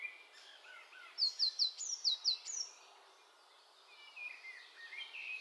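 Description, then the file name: Eurasian blue tit call: a fast string of high, crisp down-slurred notes, about six in a row, followed by faint chirps of other birds and steady hiss. "Cyanistes caeruleus"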